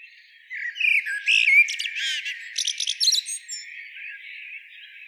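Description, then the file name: Common blackbird calls, a run of squawky, chattering and chirping notes over about three seconds, then fading into quiet. "Turdus merula"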